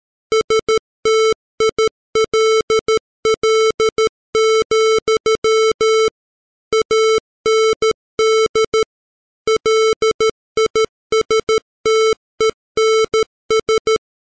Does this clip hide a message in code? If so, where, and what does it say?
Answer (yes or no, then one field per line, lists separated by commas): yes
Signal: Morse code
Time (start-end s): 0.3-14.0 s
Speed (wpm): 13 wpm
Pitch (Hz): 440 Hz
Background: music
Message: STILL, AND LISTENS